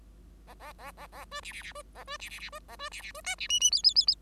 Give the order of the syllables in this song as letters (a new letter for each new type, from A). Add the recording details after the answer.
A A A A A B C C C B A B C C C B A B C C B D C E E F F F F. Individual Bird5